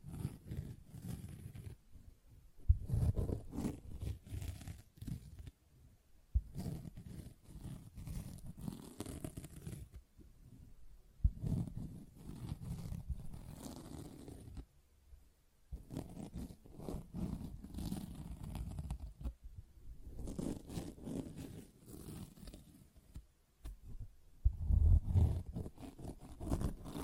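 A sponge is scratched, squished and rubbed in a series of bursts, each lasting a few seconds with short silent gaps between them. The sounds are mostly low and rough, with a scratchy, tearing texture and occasional brighter rasps riding on top.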